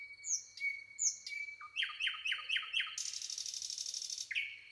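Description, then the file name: Common nightingale song: long whistled notes and upslurs, a string of loud chooks, then a fast buzzing rattle of rapid repeated notes. "Luscinia megarhynchos"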